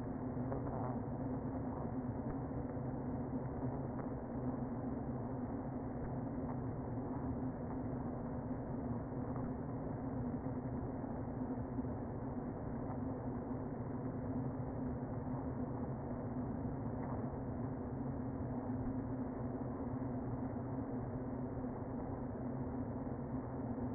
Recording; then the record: honeybee colony, microphone inside the hive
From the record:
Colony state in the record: queen present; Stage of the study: before two queens were removed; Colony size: about 60,000 bees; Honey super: yes